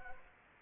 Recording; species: mosquito wingbeat signal from an infrared sensor; Anopheles arabiensis